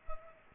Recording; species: mosquito wingbeat signal from an infrared sensor; Culex pipiens